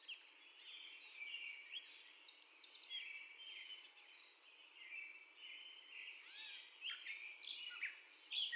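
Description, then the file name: Catbird giving softer drawn whistles and slurred warbling phrases with occasional sharp chips. First song, recorded 30 May 2021. "2021-05-30 Catbird First Song"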